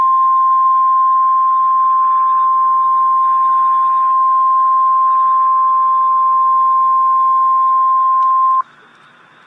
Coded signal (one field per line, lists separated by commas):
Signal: Emergency Alert System (SAME) tones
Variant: 1050 Hz attention tone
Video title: REAL EAS 762-Severe thunderstorm watch